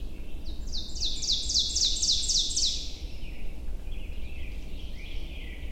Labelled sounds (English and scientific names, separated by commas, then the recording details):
Ovenbird (Seiurus aurocapilla) song
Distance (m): 25 m
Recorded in boreal forest in Alberta, Canada, on 22 June 2016 at 07:41
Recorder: SongMeter 3, array SBT-6-76
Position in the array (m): 158 m, 114 m
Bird 3